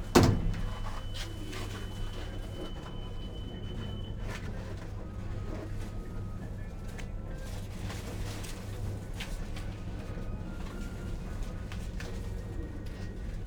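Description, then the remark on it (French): Hospital elevator doors slide with a sharp thump at the start as the lift stops at the eighth floor going up, followed by a steady low mechanical hum and scattered faint clicks and rattles throughout. “Huitième étage. Ouverture des portes. Sens monté. Fermeture des portes.”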